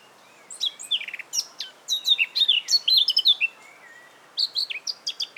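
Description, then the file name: Eurasian blackcap delivering a fast, jumbled warble of high chirps and slurs, then a short pause and a softer closing flourish. "Sylvia atricapilla"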